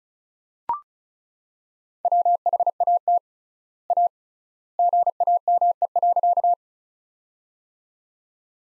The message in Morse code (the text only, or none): WHAT A GAME.